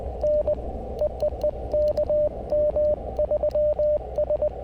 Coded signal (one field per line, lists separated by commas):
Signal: Morse code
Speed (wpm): 19 wpm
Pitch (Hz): 600 Hz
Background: radio noise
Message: N EEE KM3S